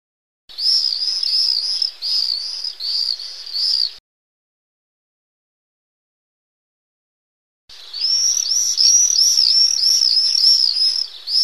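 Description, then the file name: Common swifts giving shrill, buzzy, arched notes in quick succession. One run lasts about three and a half seconds, then a silent gap, then the series resumes to the end. A pair of swifts calling. "glosy pary jerzykow"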